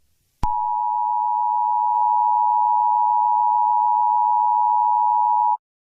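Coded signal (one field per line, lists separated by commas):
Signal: Emergency Alert System (SAME) tones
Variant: 853 and 960 Hz attention tone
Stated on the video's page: Fictional EAS scenario with simulated alarm tones.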